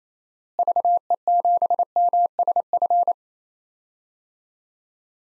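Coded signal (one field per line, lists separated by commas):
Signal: Morse code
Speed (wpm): 28 wpm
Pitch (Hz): 700 Hz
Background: none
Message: VE7MSF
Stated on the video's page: Morse practice at 28 wpm: 6-character DXCC call signs outside the USA, each sent twice, then spoken, then sent again.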